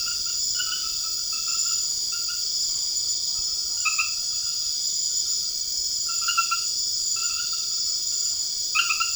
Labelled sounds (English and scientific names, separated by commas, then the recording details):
none
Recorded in secondary vegetation near Puerto Asís, Putumayo, Colombia, on 12 March 2025 at 23:00
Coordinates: 0.488, -76.319
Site G095